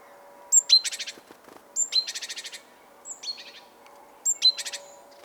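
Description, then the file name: Great tit calls: thin high notes, each followed by a buzzy, scolding chatter, given in four bursts. "Parus major"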